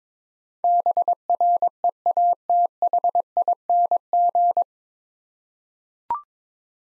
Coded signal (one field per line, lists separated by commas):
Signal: Morse code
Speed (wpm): 21 wpm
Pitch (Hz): 700 Hz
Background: none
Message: BREATHING